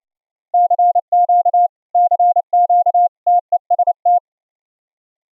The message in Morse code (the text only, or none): CQ CQ TEST